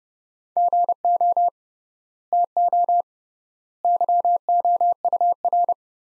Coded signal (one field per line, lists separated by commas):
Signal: Morse code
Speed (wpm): 32 wpm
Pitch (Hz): 700 Hz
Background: none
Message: GO TO YOUR